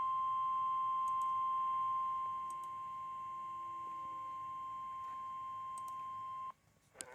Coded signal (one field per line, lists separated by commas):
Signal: Emergency Alert System (SAME) tones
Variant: 1050 Hz attention tone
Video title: EAS Alert #158. Severe Thunderstorm Warning.